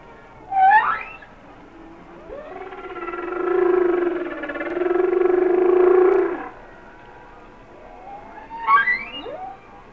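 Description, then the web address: Humpback whale song: a brief rising whoop, a long wavering harmonic moan, then another upward whoop. "Natures Songs Whale Songs Sounds of Nature - Humpback Whales"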